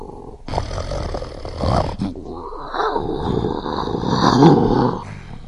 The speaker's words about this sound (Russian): А что же, например, вот сейчас этот лев говорит? Послушайте.